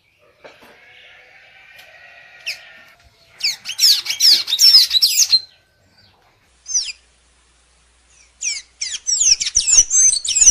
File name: canto da pipira azul